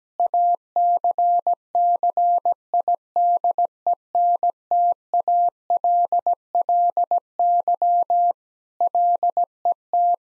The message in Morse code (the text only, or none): ACCIDENTALLY LET